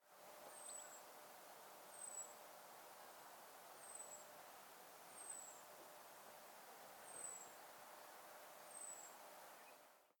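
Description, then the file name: European robin giving thin, very high descending whistled notes in a steady slow series, over a steady background hiss. "Erithacus rubecula"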